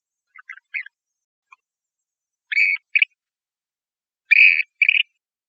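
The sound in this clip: Western grebe calls: short faint notes, then two harsh, grating two-part calls, the second louder, over a quiet background.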